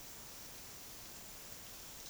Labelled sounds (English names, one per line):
none